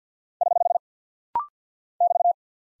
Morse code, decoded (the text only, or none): <HH> <BT>